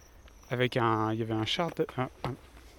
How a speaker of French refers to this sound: Là maintenant il est un peu couché. Et ça faisait une jolie lumière sur le mausolée. Il y a les petits grillons.